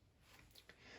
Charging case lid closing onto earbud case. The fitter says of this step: magnetically attaching and then we can just shut the lid with a satisfying click